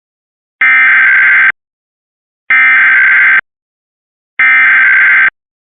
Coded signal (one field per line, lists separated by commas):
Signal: Emergency Alert System (SAME) tones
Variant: header bursts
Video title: Emergency Alert System - Child Abduction Emergency - 5/15/25 4:40pm